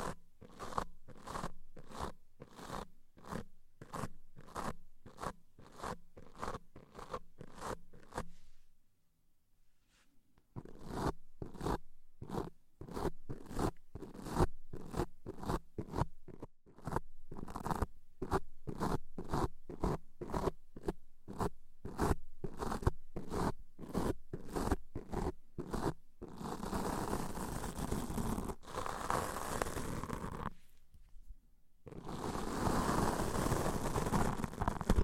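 Deep ear cleaning sounds: rapid, regular scratchy strokes repeat in dense runs, each a crisp rasping scrape. There is a short pause near 9 seconds, then the strokes resume; from about 26 seconds they blur into continuous rough rubbing, broken by a brief gap near 31 seconds.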